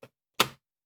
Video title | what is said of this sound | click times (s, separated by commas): The Wista Field 45 Large Format Camera [ A Walkthrough its Functions ] | it snaps in that's it then you remove your cover | 0.4 s